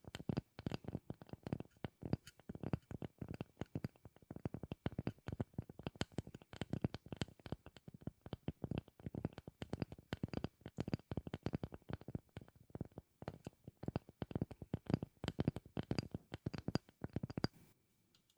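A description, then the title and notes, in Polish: Fingernails tap rapidly and unevenly on a hard surface, a dense stream of short clicky strikes with brief gaps and bursts. The taps keep going for about seventeen seconds, then stop abruptly, leaving near silence with a faint hum. ASMR Tapping Dźwięki uderzania paznokciami.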